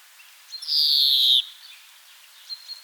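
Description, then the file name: European greenfinch calling a single long, harsh, buzzy wheeze that falls gently in pitch, then a few faint thin notes over soft background hiss. "Chloris chloris"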